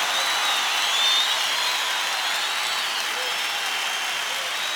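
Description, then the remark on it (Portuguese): An audience at a worship service applauding steadily in praise of God, a dense, even wash of many hands clapping that stays fairly loud throughout with no break, with faint voices mixed in underneath. “Aplaudam mais forte, porque Ele é digno.”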